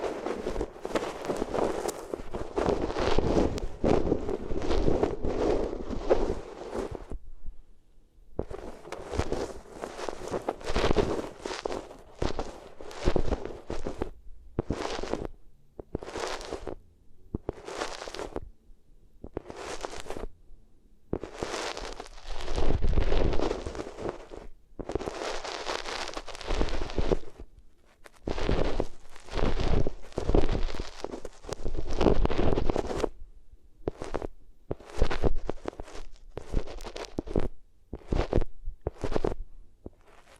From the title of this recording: Rubbing Your Ears on Different Materials